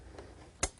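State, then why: Seated. A CPU heatsink push pin is pressed down into a motherboard mounting hole on opposite corners, with the board lying in a tray that gives easier access to apply enough force. After a faint tick near 0.2 seconds, a sharp, bright click at 0.6 seconds shows the pin has locked in place and is seated.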